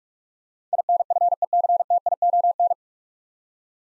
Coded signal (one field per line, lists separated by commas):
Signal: Morse code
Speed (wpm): 46 wpm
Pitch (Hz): 700 Hz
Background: none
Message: INFECTION